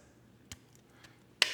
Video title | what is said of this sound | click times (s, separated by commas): Just Got a RED Komodo? Here’s How I Rig Mine | and then you slide, and you're gonna hear a click. | 1.4 s